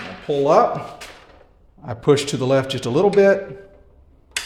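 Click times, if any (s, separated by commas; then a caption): 4.4 s. Someone talks while the bevel lever on a Bosch PROFACTOR 18V Surgeon 12" miter saw is pulled up and the saw head is pushed slightly to the left. A sharp mechanical click at 4.4 s marks the bevel detent clicking into place, seated.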